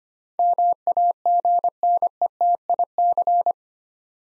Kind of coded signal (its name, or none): Morse code